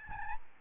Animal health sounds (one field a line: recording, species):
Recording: mosquito wingbeat signal from an infrared sensor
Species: Aedes albopictus